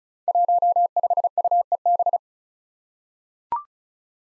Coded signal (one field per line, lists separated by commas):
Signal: Morse code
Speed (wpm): 36 wpm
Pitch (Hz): 700 Hz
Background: none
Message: 15UEB